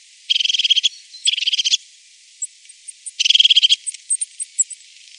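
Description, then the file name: Crested tit calls: three short buzzy, purring trills, with scattered high thin notes between them and after. "Tofsmes"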